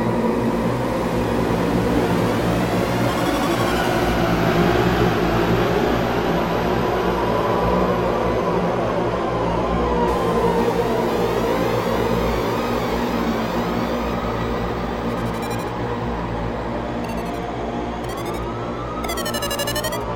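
Ambient drone music: a dense, steady bed of low bassy tones holds throughout at an even level. Above it, gliding tones weave up and down in slow arcs, with brighter swooping pitches and shimmering high sweeps appearing more often after the midpoint.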